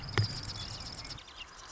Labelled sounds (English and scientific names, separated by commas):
Marsh Wren (Cistothorus palustris)